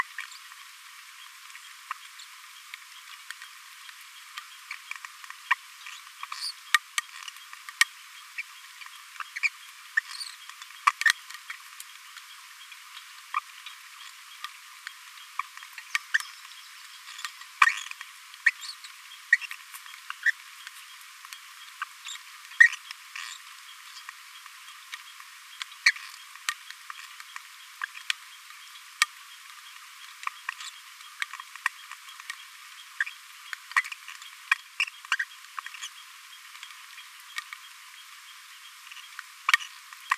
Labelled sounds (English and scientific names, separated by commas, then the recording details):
Green-rumped Parrotlet (Forpus passerinus) babbling
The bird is a male
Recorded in a nest box in Venezuela
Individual 17B42A3